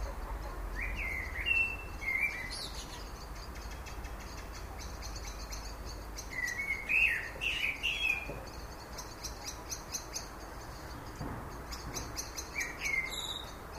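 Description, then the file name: Common blackbird singing mellow whistled phrases with scratchy high endings, heard near the start, around seven seconds and near the end, with faint high ticking behind. "Turdus merula"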